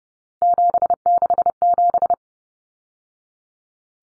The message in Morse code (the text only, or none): 767